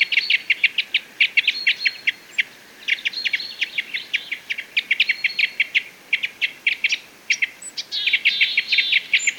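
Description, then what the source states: Parrot crossbill giving rapid, hard chip calls in clustered series, with short pauses between bursts. Call type N; excitement calls.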